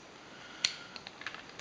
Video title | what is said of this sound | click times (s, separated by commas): Produits pour le gilet | voilà et on clipse voilà | 0.6 s